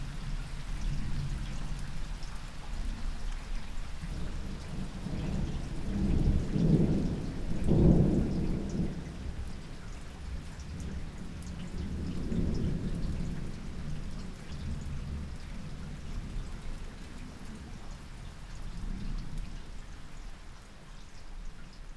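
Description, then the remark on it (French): Steady rain hisses throughout a thunderstorm in August 2017 at 3:30 pm while deep rumbles of thunder swell and fade, with the strongest rolls around the middle and softer ones later. No voices. “août 2017, 15h30, sous l'orage.”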